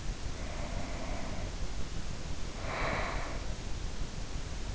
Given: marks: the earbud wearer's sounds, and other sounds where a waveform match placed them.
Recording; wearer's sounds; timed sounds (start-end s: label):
sounds in sleep by an in-ear microphone; breath
0.23-3.75 s: breath